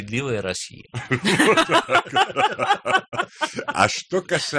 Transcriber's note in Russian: смеются